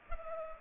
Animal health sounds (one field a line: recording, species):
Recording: mosquito wingbeat signal from an infrared sensor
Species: Culex pipiens